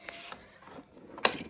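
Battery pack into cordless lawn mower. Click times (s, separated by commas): 1.2 s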